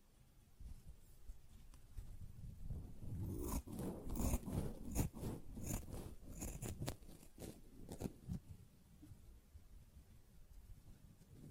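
A sponge being handled, with scratching and squishing sounds. Quiet rubbing at first, then from about three seconds a dense run of sharp, bright scrapes and crackles that peaks around four to seven seconds. The strokes thin out after eight seconds and fade to soft rubbing.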